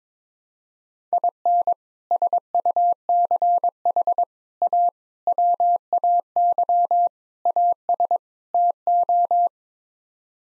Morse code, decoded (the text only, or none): IN SUCH A WAY AS TO